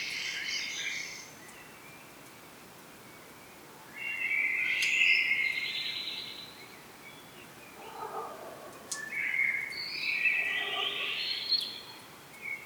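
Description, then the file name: Common blackbird delivering separate warbled phrases with long gaps between, some finishing in thin high notes, over a constant background hiss. "Turdus merula"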